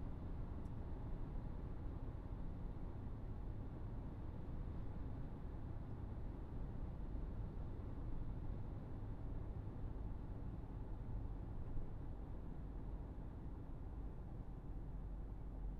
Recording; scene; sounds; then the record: everyday scene through a hearing-aid microphone; in a vehicle; engine, traffic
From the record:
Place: Berlingo II, diesel engine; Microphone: behind the ear, right, rear